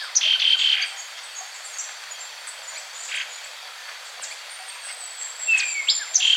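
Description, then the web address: Bronze-green Euphonia calls: a buzzy stuttered note, then sparse ticks and a long thin high whistle sliding down, ending with another buzz. Andean bird of South America. "Natures Songs S America Andean Birds. Bronze-Green Euphonia (Euphonia Mesochrysa)"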